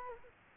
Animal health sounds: mosquito wingbeat signal from an infrared sensor; Culex quinquefasciatus

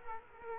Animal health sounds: mosquito wingbeat signal from an infrared sensor; Culex quinquefasciatus

